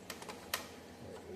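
A BMW radiator coolant hose line is pushed onto its radiator fitting, with a couple of faint ticks near 0.1 and 0.2 seconds. The plastic quick-connect then gives a sharp, loud click at 0.5 seconds as it clicks in and is seated.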